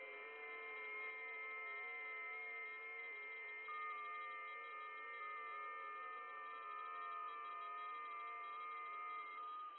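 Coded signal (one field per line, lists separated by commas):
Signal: FT8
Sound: several soft steady warbling tones at once over band-limited hiss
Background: radio static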